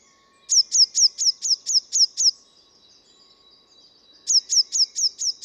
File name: Cyanistes caeruleus